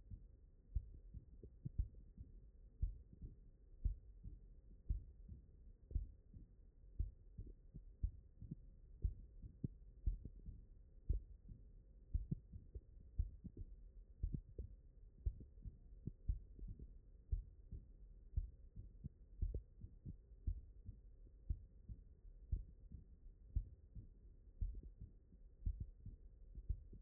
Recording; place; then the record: heart sounds by stethoscope; mitral valve (MV)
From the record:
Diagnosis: non-HFrEF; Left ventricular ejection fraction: 63%